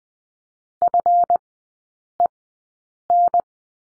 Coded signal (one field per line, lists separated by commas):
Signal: Morse code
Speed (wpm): 19 wpm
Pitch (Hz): 700 Hz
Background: none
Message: FEN